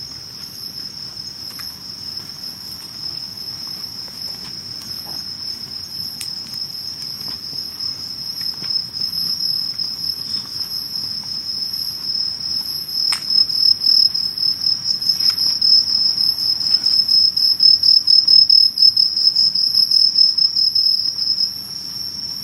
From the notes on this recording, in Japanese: 色んな虫の声や人の暮らしや、やっぱり蝉の声が時々しました